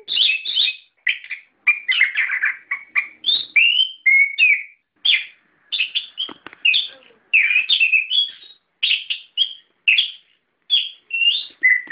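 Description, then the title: Bird chirping song: quick bursts of sharp, slurred chirps and short whistled notes, rising and falling, with brief gaps between phrases and no other sounds. "SuaraBurung Kicau4"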